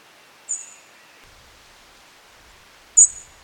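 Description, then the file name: European robin uttering two short, thin, high notes about two and a half seconds apart over a quiet background. "Erithacus rubecula"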